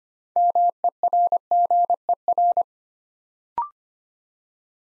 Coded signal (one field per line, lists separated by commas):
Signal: Morse code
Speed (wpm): 25 wpm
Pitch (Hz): 700 Hz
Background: none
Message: MERGER